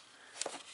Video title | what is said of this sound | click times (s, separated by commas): Repair a Porsche DME Relay | Snaps into place. | 0.4 s